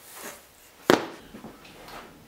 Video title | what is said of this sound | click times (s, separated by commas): Art Woodworking how to make a wood picture frame with French cleat system by Jon Peters | gets attached to the wall and then the frame will sit right on top of it and it locks in place | 0.9 s